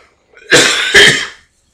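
A rough cough from an adult, two harsh bursts in quick succession.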